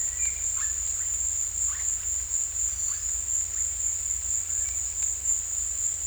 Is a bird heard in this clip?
no